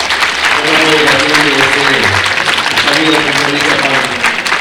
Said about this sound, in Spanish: Bueno, yo quiero pedir un aplauso muy, muy, muy fuerte para el doctor